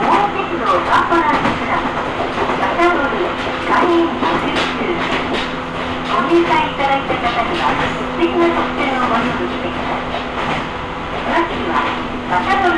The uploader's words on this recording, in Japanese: 近江鉄道 高宮→彦根→八日市。高宮での待ち時間が長いこともあって一旦彦根まで戻り、再び本線に戻って八日市へと向かいます。高宮から八日市までは通称湖東・近江路線と呼ばれています。